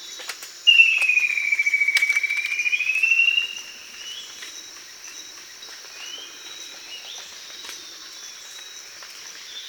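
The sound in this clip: Bird calling a rattling, pulsed note that sags then rises over about three seconds, over a steady high-pitched drone.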